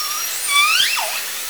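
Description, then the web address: Orca call: a harmonic, whistle-like tone that sweeps upward and then bends sharply down, over steady background hiss. Southern Resident killer whales, J pod; catalogued call type S12. "Orca Calls Alwin"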